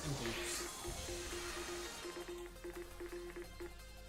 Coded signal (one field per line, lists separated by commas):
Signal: Morse code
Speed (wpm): 20 wpm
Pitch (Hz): 350 Hz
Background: music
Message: REQUIRE